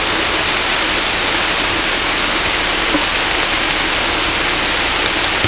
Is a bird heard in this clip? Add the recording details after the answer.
no. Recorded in dense forest near Puerto Asís, Putumayo, Colombia, on 18 December 2024 at 23:00. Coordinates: 0.503, -76.323. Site G043